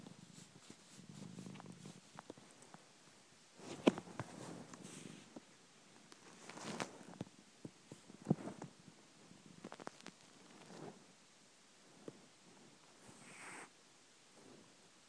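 Soft, low, rumbling breath sounds recur every few seconds, roughly 14 a minute, with some faint clicks and light noise between them. A sleeping cat is snoring quietly, with purr-like fluttering on some breaths.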